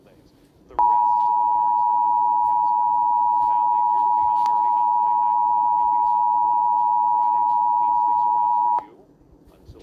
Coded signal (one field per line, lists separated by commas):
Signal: Emergency Alert System (SAME) tones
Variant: 853 and 960 Hz attention tone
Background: speech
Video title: KCBS, KNBC, KTLA 2023 EAS Test - October 4, 2023